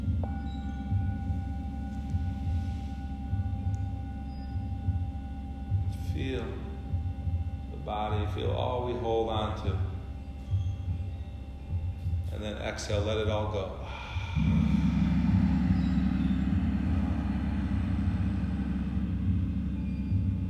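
A steady low harmonium and singing-bowl drone with held ringing tones, short voiced phrases near 6–10 and 12–14 seconds, thickening louder after 14.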